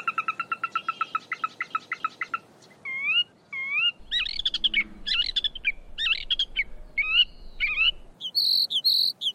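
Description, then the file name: Lark song opening with a fast even rattle of notes, then looping slurred whistles and varied chirpy phrases ending in very high squeaky notes. Masteran tutor recording for training songbirds. "masteran untuk lark"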